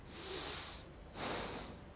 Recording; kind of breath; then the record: one breath in and out by a microphone near the nose and mouth; deep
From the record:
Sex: male